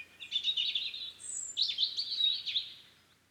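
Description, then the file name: European robin song: two quick tumbling phrases of high, thin twittering notes, each about a second long, fading out at the end. "Erithacus rubecula"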